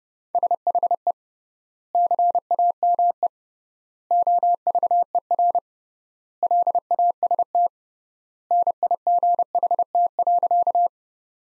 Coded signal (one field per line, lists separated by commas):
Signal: Morse code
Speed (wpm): 32 wpm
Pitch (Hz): 700 Hz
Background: none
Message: SHE CAME OVER LAST NIGHT.